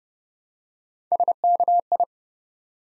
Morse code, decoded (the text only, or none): SKI